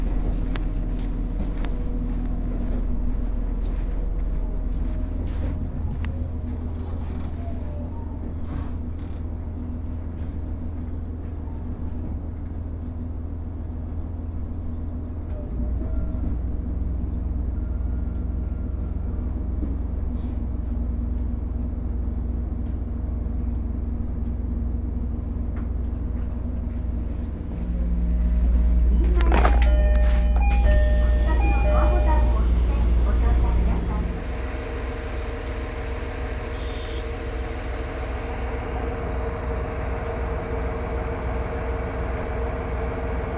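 Inside a single-car GV-E400 hybrid train on the Tsugaru Line, a steady low engine drone runs throughout with faint clicks and rattles. Around 28 seconds the engine revs up into a louder, deeper roar with a rising whine, then settles back to a steadier hum.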